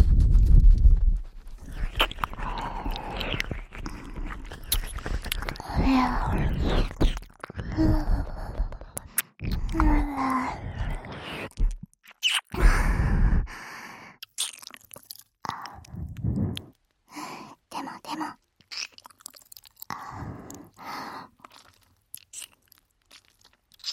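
Fast ear eating: rapid wet crunching and chewing bursts, dense for the first thirteen seconds, then sparser choppy bites with brief silences.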